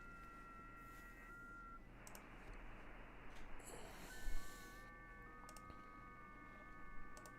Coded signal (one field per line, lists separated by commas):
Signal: FT8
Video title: HAM RADIO COLORADO